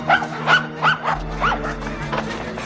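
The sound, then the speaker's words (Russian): A terrier being locked in a stationary cage in a pet supplies warehouse barks four times in quick, uneven succession, with sharp, fairly high-pitched yaps, then quiets as a steady low hum continues underneath. “Пересадив, запирают терьера в стационарной клетке.”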